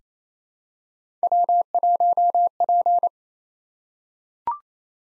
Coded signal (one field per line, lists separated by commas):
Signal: Morse code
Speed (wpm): 28 wpm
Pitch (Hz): 700 Hz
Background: none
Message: W1P